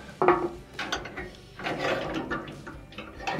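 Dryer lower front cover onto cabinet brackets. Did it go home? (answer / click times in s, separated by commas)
no / none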